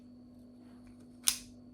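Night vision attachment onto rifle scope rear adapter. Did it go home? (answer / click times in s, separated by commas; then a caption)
yes / 1.3 s. An Oneleaf Commander NV100 Plus night vision unit, lined up with the groove on the adapter at the back of a rifle scope, is pushed on until it locks. Over a quiet, steady background hum, a single sharp click sounds at 1.3 s. The unit is locked in and holds solid.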